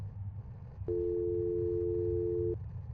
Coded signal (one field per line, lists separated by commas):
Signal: telephone call progress tone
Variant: North America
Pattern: dial tone